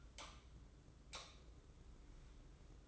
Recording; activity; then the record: daily activity, microphone in the room; light on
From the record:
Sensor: 3